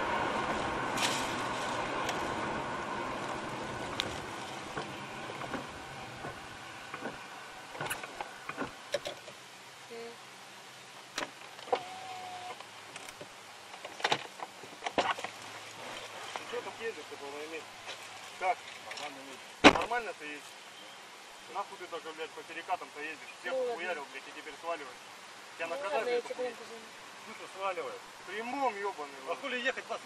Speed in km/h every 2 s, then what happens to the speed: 55, 39, 31, 11, 0, 0, 0, 0, 0, 0, 0, 0, 0, 0, 0.
0-7 brakes to 0. 7-30 standing.